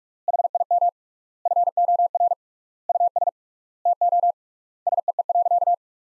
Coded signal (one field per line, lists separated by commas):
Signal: Morse code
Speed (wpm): 46 wpm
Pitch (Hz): 700 Hz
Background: none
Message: HIM FOR US TO SEE.